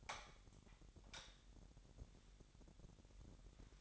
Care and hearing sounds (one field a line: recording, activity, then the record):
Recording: daily activity, microphone in the room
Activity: light on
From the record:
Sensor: 3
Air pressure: 1011.9 hPa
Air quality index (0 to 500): 226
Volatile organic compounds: 4 ppm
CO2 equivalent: 1686 ppm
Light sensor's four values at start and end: 13/32/13/14 and 16/39/16/16